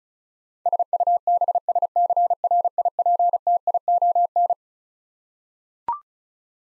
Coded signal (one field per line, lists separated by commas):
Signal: Morse code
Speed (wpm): 34 wpm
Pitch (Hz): 700 Hz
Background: none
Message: SUBSCRIPTION